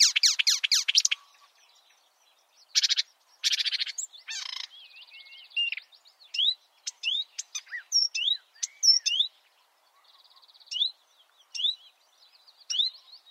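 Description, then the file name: Marsh warbler song mixing rattling buzzes, a thin trill and sharp rising whistled notes, delivered in varied, irregularly spaced phrases. "suara-kicauan-burung-marsh-warbler -omkicau"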